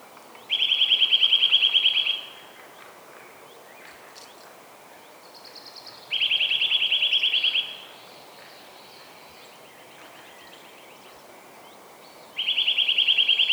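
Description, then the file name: Eurasian nuthatch calling in quick, even trills of high piping notes, each burst lasting about one and a half seconds and repeated roughly every six seconds, faint bird notes between. "Sitta europaea"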